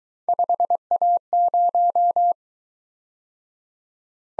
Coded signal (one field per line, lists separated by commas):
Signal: Morse code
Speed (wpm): 21 wpm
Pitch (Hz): 700 Hz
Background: none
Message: 5A0